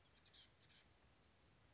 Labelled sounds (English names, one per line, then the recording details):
Oak Titmouse
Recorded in Sonoma County, California